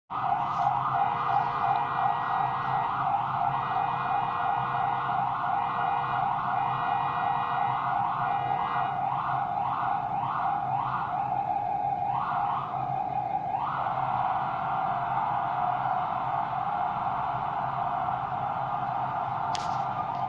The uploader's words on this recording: Hear Eergency vehicle in the Manhattan Borough of New York.